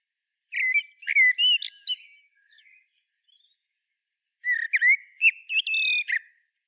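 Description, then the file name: Common blackbird song: two phrases of whistled warbling, each ending in high, thin squeaky notes, with a pause between them. "Turdus merula"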